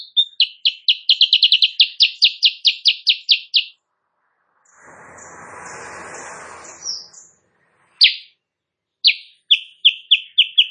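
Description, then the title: Sooty-headed bulbul song: a fast run of sharp, chirpy notes speeding up then slowing, a burst of rustling noise, then more spaced chirps. Morning singing of a Kutilang Sutra used as a tutor recording for training songbirds; described as singing constantly and prompting rival birds to answer. "Masteran Kutilang Sutra. Kutilang Sutra GACOR pagi hari bikin lawannya AUTO NYAUT"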